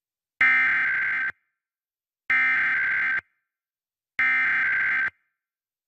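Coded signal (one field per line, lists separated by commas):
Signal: Emergency Alert System (SAME) tones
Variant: header bursts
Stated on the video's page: Pennsylvania Required Monthly Test SAME tones, plus a Coastal Flood Warning.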